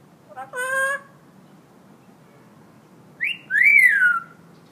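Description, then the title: Hill myna making a short, rich, nasal call, then after a pause a sharp rising note and a loud whistle that rises and falls. Hill myna in full active song, recorded as a tutor track for training other birds to sing. "Suara Burung Beo Gacor Cocok Untuk Masteran"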